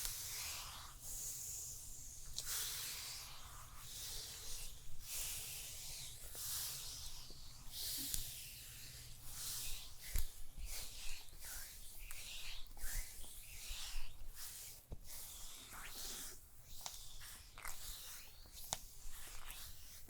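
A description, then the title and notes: Massage sounds without talking: soft, steady brushing and hissy rubbing that fills the clip, with a low hum underneath throughout. From about ten seconds the strokes grow more rhythmic, with repeated swishes and occasional small taps or clicks, some sharper ones near 10 and 19 seconds. ASMR Relaxing Neck & Shoulders MASSAGE (No Talking) Layered Sounds.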